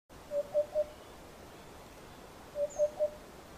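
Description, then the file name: Eurasian hoopoe giving two sets of three mellow, even hoots, each set quick and evenly spaced, over a quiet background hiss. "Abubilla"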